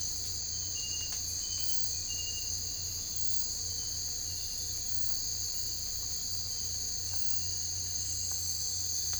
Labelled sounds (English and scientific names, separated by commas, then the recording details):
none
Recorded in secondary vegetation near Puerto Asís, Putumayo, Colombia, on 22 December 2024 at 02:00
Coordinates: 0.481, -76.318
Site G042